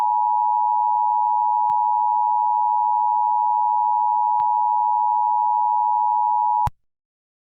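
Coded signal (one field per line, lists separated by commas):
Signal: Emergency Alert System (SAME) tones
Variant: 853 and 960 Hz attention tone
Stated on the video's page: Simulated EAS scenario.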